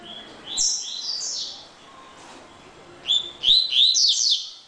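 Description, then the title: Double-collared seedeater song: two bright phrases of fast, high whistled and trilled notes, the second louder and more tumbling, separated by a quiet gap. "Canto Coleiro"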